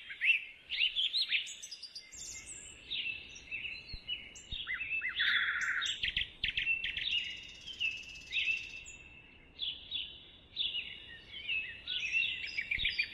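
Bird song of quick twittering and whistled notes, one short buzzy phrase partway through, continuing in lively bursts throughout.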